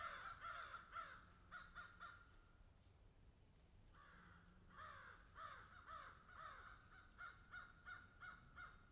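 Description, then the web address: Crow calling in repeated runs of hoarse, grating caws, with a brief lull midway before the calling resumes steadily. "ворона"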